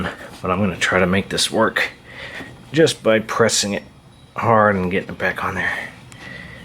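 On a 2012 BMW 335i during a partial coolant flush, the upper coolant hose with its spring clamp is being handled to press it hard back onto its barbed plastic fitting on the expansion tank line. Someone talks over faint handling noise, with one brief sharp tick near the end. Nothing has seated or clicked yet.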